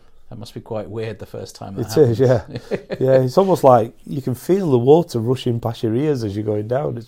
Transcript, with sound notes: That must be quite weird the first time that happens. It is, yeah. (laughs) It’s almost like… you can feel the water rushing past your ears as you’re going down.